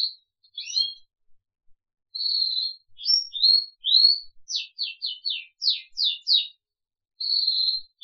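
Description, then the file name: Crested canary song: high whistled notes and rising slurs, then a run of quick descending notes, ending with a level whistle. "audio kenari jambul"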